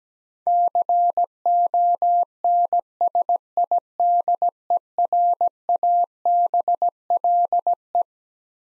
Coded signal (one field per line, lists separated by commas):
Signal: Morse code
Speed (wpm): 17 wpm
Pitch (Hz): 700 Hz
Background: none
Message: CONSIDERABLE